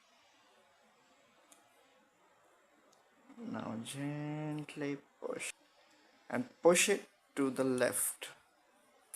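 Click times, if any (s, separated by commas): 9.1 s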